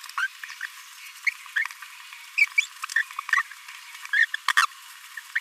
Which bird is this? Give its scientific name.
Forpus passerinus